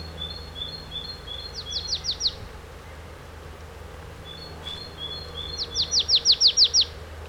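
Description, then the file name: Marsh tit calls: thin high notes followed by a rapid burst of sharp descending notes, heard twice, the second burst louder and longer, over a low steady hum. "Poecile palustris"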